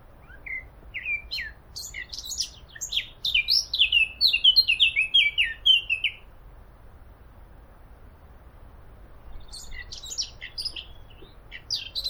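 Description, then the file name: Eurasian blackcap song: a scratchy, varied warble building into a run of clear, descending fluty notes, then a pause before a few more chattering notes resume. "Sylvia atricapilla"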